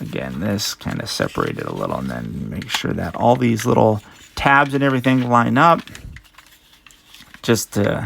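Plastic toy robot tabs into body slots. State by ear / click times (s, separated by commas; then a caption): not seated / none. Someone talks while lining up the small plastic tabs of a Transformers x GI Joe Triple "T" toy robot with the slots in its body, pressing the pieces together. Light plastic handling ticks come through between about 6.2 and 7.1 s. Nothing has seated or locked into place yet.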